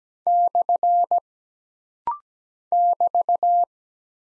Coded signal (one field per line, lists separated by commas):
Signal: Morse code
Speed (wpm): 17 wpm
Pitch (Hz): 700 Hz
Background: none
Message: / <BT>